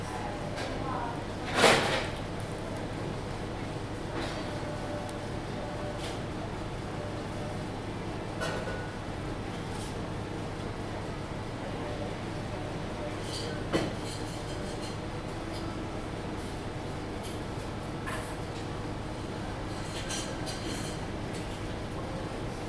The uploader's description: the ventilation hums drowning out music